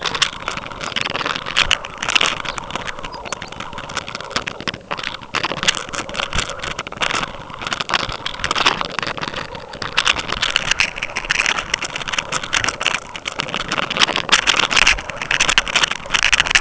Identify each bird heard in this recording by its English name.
Lapland Longspur